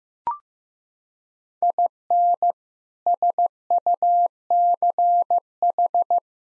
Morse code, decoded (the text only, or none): IN SUCH